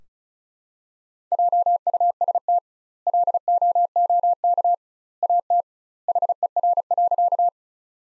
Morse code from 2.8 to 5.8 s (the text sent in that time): LOOK AT